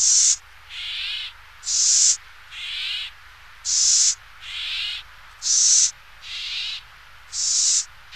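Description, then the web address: California gnatcatcher giving harsh, buzzy, hissing notes that alternate between a higher and a lower pitch in a steady series. North America. "Songs of Birds of North America Stokes. California Gnatcatcher"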